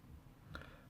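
The top fill cap of a Freemax Scylla vape tank is twisted and comes off with a sharp pop at 0.6 s, followed by a fainter tick just after. The cap is released and open.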